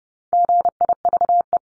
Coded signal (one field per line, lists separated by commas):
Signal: Morse code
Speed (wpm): 30 wpm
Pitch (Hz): 700 Hz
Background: none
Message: GIVE